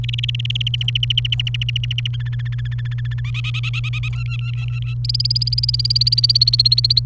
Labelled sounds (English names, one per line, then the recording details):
Domestic Canary song
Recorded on 29 April 2018 at 15:48
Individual llb3